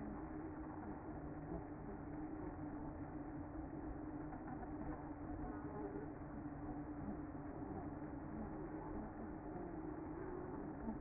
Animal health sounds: honeybee colony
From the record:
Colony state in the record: active

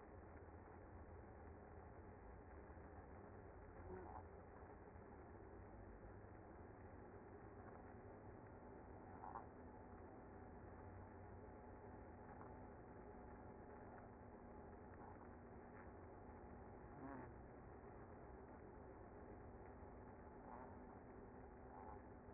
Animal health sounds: honeybee colony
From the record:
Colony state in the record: active

